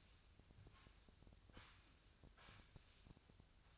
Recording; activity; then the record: daily activity, microphone in the room; sweep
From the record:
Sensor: 2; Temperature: 24.9 degrees Celsius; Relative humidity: 39.7%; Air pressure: 1001.5 hPa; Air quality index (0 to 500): 227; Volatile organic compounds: 26 ppm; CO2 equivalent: 2852 ppm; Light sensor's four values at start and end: 8/27/10/10 and 8/27/10/10